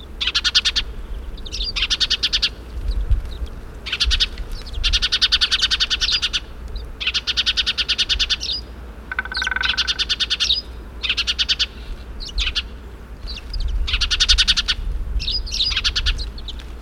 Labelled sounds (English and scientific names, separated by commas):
Spanish Sparrow (Passer hispaniolensis) call